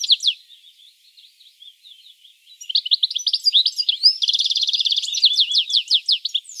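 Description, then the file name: European goldfinch singing a fast, liquid twittering phrase that builds into a buzzy, rattling trill followed by quick chirpy notes. "Carduelis carduelis"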